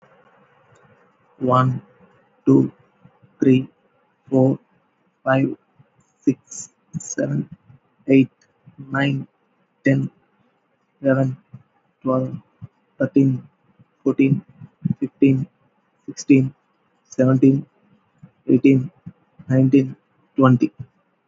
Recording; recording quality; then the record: counting at a normal pace; excellent, no background noise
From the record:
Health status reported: healthy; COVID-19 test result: not tested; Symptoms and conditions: none ticked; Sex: male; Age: 28 years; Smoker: not ticked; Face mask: not worn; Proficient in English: yes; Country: India